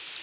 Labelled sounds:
Palm Warbler (Setophaga palmarum) flight call

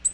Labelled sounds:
Black-throated Green Warbler (Setophaga virens) flight call

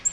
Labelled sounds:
Nashville Warbler (Leiothlypis ruficapilla) flight call

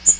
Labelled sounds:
Magnolia Warbler (Setophaga magnolia) flight call

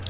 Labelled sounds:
Palm Warbler (Setophaga palmarum) flight call

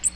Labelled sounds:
Magnolia Warbler (Setophaga magnolia) flight call

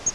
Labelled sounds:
Yellow-rumped Warbler (Setophaga coronata) flight call

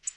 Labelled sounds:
Tennessee Warbler (Leiothlypis peregrina) flight call

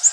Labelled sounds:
Orange-crowned Warbler (Leiothlypis celata) flight call

